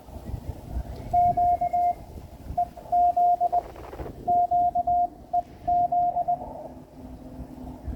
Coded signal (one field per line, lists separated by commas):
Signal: Morse code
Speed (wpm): 20 wpm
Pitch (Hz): 710 Hz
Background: radio noise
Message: Q EZ QEZ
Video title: Amateur Radio at Bethpage State Park using CW (Morse Code)